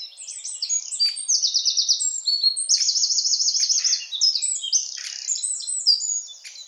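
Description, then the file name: Eurasian wren song: an energetic stream of high, piercing notes broken by two rapid rattling trills, with sharp chips scattered through. "Troglodytes troglodytes"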